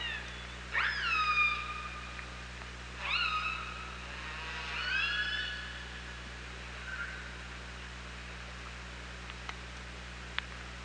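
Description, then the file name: Killer whale calls: three harmonic calls with abrupt rising starts and flat drawn-out tails, then scattered clicks and a faint short call over constant hum. OrcaLab hydrophone, 24 August 2017, 07:54. "Orca Lab UTLN JASON 20170824 075418"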